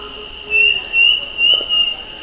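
Bird uttering a run of four bright whistled notes, slightly upslurred and evenly spaced, against a faint steady high hum.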